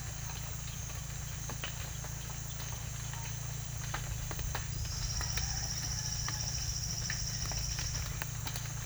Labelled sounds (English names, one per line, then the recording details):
none
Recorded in secondary vegetation near Puerto Asís, Putumayo, Colombia, on 24 June 2025 at 14:30
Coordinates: 0.498, -76.327
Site GP09